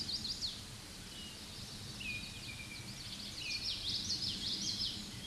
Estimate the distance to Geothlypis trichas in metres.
about 25 m